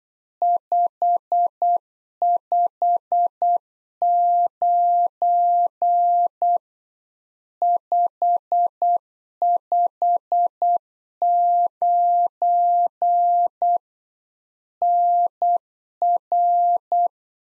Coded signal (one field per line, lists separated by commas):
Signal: Morse code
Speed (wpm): 8 wpm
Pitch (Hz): 700 Hz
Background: none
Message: 559 559 NR